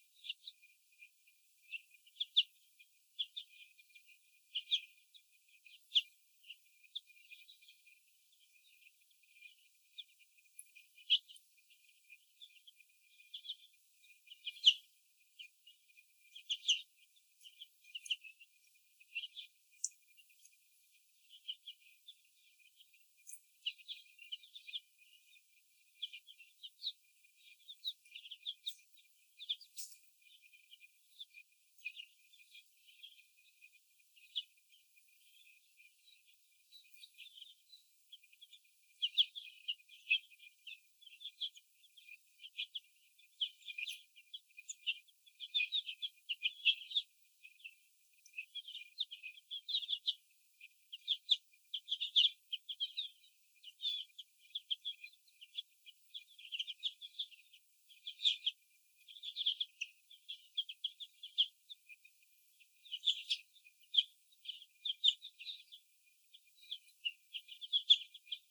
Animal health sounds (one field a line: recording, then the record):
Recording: young laying hens in a cage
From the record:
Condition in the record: after the stressor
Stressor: sudden umbrella opening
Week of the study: 2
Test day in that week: 1